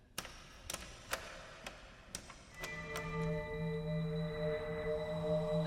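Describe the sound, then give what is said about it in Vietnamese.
Faint, sharp clicks come from downstairs in the kitchen, ticking at a slow, fairly regular pace, about seven in all, before a steady low humming drone with faint tonal overtones rises and fills the rest. “Một tiếng lạch cạch rất nhỏ phát ra từ ở dưới phía bếp.”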